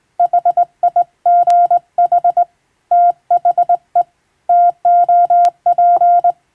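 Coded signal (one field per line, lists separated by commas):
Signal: Morse code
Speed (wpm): 22 wpm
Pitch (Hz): 700 Hz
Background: none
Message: HIGH THE TOP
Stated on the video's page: Hand-sent on a vertical straight key by a first-class radiotelegraph operator, practising international-language telegram sending from a practice book.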